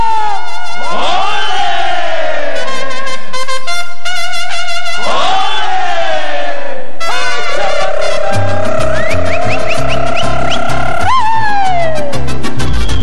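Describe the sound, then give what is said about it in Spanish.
A crowd lets out loud, high shouted cries: two swooping whoops that rise and fall, then a long sustained wail over a rhythmic low backing, all quite loud. “Y que se oye ese grito.”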